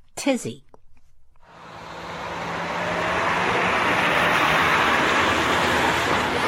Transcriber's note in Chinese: Highway traffic